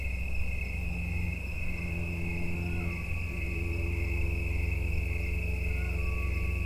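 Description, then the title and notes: Insects calling as one even, high buzzing drone, with faint low tonal hums drifting underneath and a constant deep rumble. Insects giving mating calls in the evening in late summer and autumn at Watts Ranch in the United States; insects near the end of their lives. "Autumn insects on Watts Ranch. In much of the United States, insects start calling in the evening in late summer and into autumn. Recorded by Neal Johnson. Part of the Music for Sleep project"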